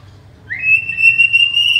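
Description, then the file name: White-rumped shama whistle: a single pure note that slides up and then holds steady for over a second, over a low background hum. Borneo. "murai batu borneo"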